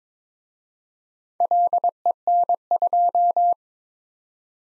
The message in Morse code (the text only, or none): LEN2